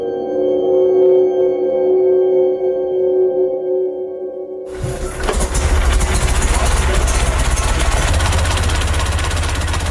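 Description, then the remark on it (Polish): A steady humming drone gives way midway to an old Hispano-Suiza car engine, a model named after Alfonso XIII with four inline cylinders and 60 horsepower, turning over and settling into a loud, rough idle, a continuous low rumble with a rattling, chugging texture. “Samochód marki Hispano Suiza, model nazwany na cześć Alfonsa XIII, osiąga prędkość 120 km na godzinę. Ma 4 cylindry w rzędzie i moc 60 koni mechanicznych.”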